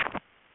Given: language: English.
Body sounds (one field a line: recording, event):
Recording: throat vibration sensor signal played as sound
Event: cough